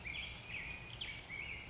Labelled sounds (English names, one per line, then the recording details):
Black-headed Grosbeak
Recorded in Sonoma County, California